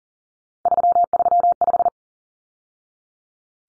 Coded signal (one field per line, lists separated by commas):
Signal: Morse code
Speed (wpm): 37 wpm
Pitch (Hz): 700 Hz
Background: none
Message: 335